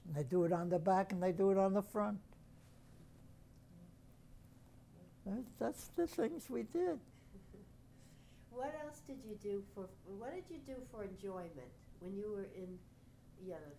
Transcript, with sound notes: They do it on the back and they do it on the front. That's the things we did.
[Chuckles] What else did you do for — what did you do for enjoyment? When you were in Yanow,